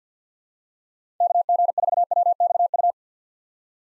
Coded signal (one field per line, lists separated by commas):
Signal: Morse code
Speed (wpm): 50 wpm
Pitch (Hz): 700 Hz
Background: none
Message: KG4WXU